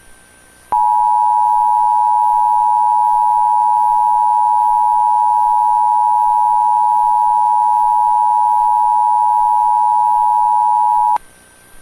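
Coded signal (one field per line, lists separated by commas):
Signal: Emergency Alert System (SAME) tones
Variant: 853 and 960 Hz attention tone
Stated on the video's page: Fictional scenario using valid EAS tones.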